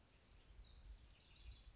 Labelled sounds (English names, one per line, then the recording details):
House Wren
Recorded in Sonoma County, California